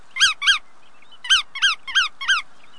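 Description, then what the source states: Bar-tailed godwit calls, nasal rising-falling notes in a pair, then a run of four evenly spaced repeats after a short pause. Pigeon-sized shorebird making a nonstop autumn migration of 7,200 miles from Western Alaska to New Zealand in 8 or 9 days; more than doubles its weight in fat beforehand.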